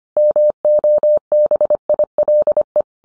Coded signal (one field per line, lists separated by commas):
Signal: Morse code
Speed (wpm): 25 wpm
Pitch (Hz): 600 Hz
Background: none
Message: MOBILE